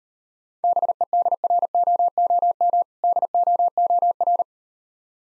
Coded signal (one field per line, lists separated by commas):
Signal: Morse code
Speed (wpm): 38 wpm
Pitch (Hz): 700 Hz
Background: none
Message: BEDROOM DOOR